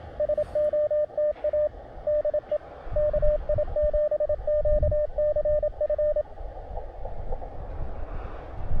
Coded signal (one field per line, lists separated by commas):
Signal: Morse code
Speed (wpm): 27 wpm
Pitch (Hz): 600 Hz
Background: radio noise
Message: SOTA DE KI7QCF